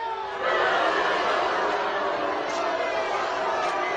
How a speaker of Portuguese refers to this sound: Meus fãs! Alceu, seus fãs! É uma multidão enfurecida!